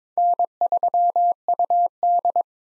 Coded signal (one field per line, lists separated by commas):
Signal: Morse code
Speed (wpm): 22 wpm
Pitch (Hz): 700 Hz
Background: none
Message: N3UD